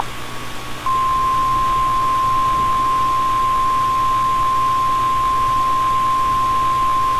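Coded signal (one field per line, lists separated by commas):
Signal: Emergency Alert System (SAME) tones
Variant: 853 and 960 Hz attention tone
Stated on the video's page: Fictional EAS scenario in analog horror style, using valid EAS tones.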